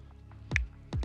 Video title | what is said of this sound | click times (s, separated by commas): THE MOST FUTURISTIC PISTOL - LAUGO ALIEN | clicks into place pin goes in | 0.6 s